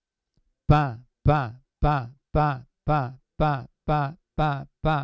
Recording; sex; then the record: repeated syllable /pa/; male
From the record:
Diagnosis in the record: Parkinson's disease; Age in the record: 75 years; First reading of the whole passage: 62 s, 8.3 characters per second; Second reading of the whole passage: 57 s, 9.2 characters per second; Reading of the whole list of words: 53 s, 5.3 characters per second